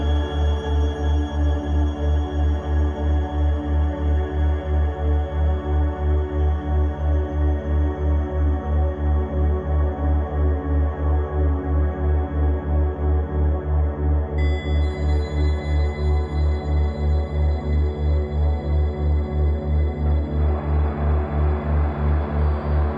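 A 3 Hz delta brainwave binaural tone: a deep, steady hum pulsing about three times a second, with faint high tones appearing later.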